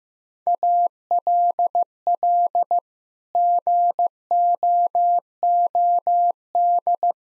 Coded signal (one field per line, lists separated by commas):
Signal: Morse code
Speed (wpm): 14 wpm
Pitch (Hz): 700 Hz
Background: none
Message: ALL GOOD